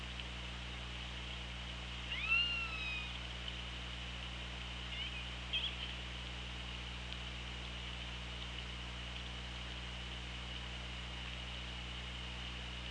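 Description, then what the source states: Killer whale call: one strong bending squeal with layered overtones about two seconds in, then a few faint short chirps, under a constant low hum and hiss. Recorded on the OrcaLab hydrophone, 24 August 2017 at 17:14.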